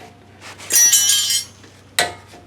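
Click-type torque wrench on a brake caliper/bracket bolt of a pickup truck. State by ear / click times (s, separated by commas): torque reached / 2.0 s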